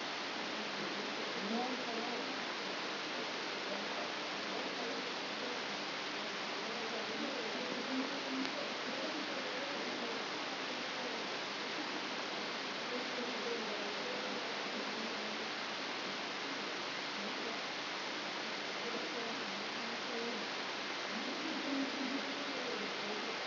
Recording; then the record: brain microelectrode recording played as sound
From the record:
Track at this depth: inside the subthalamic nucleus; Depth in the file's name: 5.101 mm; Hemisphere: left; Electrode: 3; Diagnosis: Parkinson's disease